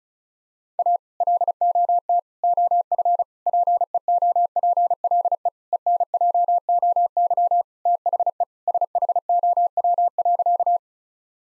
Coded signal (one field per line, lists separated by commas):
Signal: Morse code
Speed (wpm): 34 wpm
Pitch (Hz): 700 Hz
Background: none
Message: A LOT OF PEOPLE ENJOY THE SHOW.